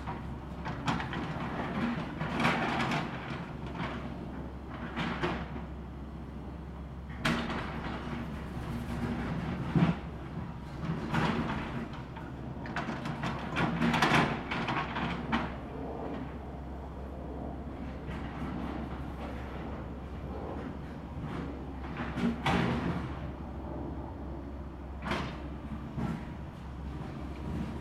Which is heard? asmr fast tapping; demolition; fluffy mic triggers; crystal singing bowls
demolition